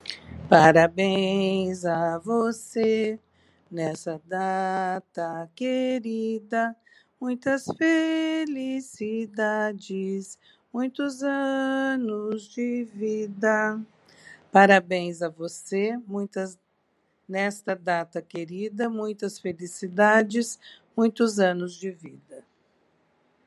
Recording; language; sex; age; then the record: short text; Brazilian Portuguese; female; 60 to 69 years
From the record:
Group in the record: control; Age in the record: 60 years